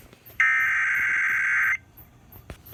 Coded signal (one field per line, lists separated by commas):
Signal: Emergency Alert System (SAME) tones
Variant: header bursts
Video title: Yet Another SVR EAS #351